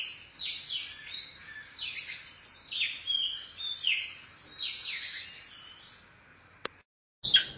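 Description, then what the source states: Oriental magpie-robin song: a run of quick slurred downward notes with thin whistles, fading out, then a sharp click and a brief gap. Chirping song (kicauan) of the bird.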